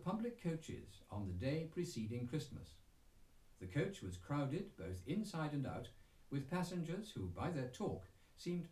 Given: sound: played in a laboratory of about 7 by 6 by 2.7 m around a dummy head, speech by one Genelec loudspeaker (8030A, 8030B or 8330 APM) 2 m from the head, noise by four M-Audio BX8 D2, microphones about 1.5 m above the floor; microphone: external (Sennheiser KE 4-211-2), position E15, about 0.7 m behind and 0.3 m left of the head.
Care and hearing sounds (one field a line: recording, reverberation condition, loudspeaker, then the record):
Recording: male speech in English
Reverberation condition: low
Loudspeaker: 30 degrees to the right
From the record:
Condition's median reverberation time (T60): about 310 ms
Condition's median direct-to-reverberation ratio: about 3.5 dB